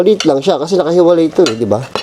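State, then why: Not seated. A detachable handle for a Redchef cookware pan is handled before being fitted on while someone talks throughout. The handle has not seated or clicked onto the pan yet.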